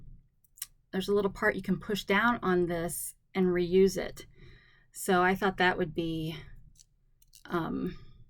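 A reusable plastic fastener is handled near its catch while someone talks, with a few faint ticks of handling. Nothing has seated or clicked into the catch yet.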